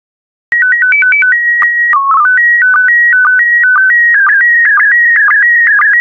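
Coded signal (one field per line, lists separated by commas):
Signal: SSTV (slow-scan television)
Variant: PD120 mode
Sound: warbling electronic tone jumping between pitches, with short low chirps twice a second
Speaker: complete. You can now check your decoded image against the picture that is shown on the video.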